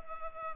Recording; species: mosquito wingbeat signal from an infrared sensor; Culex pipiens